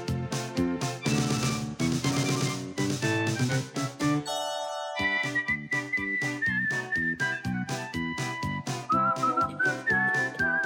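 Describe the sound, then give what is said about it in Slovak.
A person whistles a bright, steady melody in long sustained notes over a rhythmic musical backing with punchy beats, the whistle sliding slightly between pitches. “Tak to to písmo vraví, tím sa končia správy, ďalej sa píska.”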